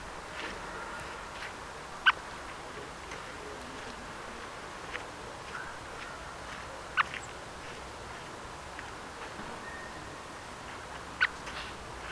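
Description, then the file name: Eurasian blackbird giving sharp, abrupt call notes, three clear calls several seconds apart, set against a constant low hiss. "Turdus merula"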